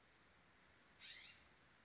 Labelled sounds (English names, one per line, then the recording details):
California Scrub-Jay
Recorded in Sonoma County, California